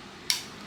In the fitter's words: three clicks give or take could take one more